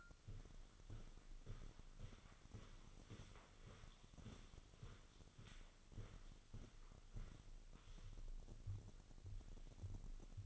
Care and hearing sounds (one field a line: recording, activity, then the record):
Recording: daily activity, microphone in the room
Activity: walk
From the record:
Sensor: 4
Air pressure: 1010.1 hPa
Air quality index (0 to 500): 171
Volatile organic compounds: 2 ppm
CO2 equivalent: 1242 ppm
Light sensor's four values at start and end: 50/124/52/57 and 51/126/53/58